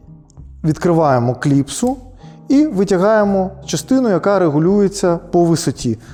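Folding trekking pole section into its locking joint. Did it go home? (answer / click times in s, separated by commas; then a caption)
yes / 0.3 s, 0.4 s. A folding aluminium trekking pole section is pulled out along its internal cable into its locking joint, giving two short quiet clicks at 0.3 s and 0.4 s as it locks into place. Someone then talks for the rest of the clip.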